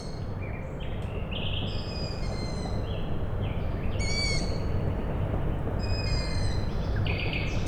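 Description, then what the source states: Owl chicks giving high harmonic squeals at irregular intervals over a constant low mechanical drone. Owl chicks calling at night, Tuesday 21 May 2019, Michałkowice, Siemianowice Śląskie, Poland; industrial plant in background; recorded with Zoom H5 and Audio-Technica BP4025.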